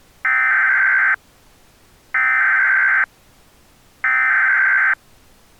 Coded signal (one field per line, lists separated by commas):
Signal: Emergency Alert System (SAME) tones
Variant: header bursts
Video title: (EAS Scenario) Wintery Wallop